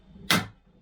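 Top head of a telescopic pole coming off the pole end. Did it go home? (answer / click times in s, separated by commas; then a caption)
released / 0.3 s. The spring-loaded plastic top head of a Bosch Professional BT 350 telescopic pole for laser levels, unlocked by grabbing one part and twisting, pops off the end of the pole because it sits on a spring. A single sharp, bright snap at 0.3 s rises out of near silence and fades over about a quarter second, and the head comes free.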